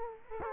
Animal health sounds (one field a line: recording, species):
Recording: mosquito wingbeat signal from an infrared sensor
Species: Culex quinquefasciatus